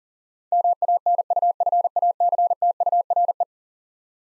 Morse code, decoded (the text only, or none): MANUFACTURE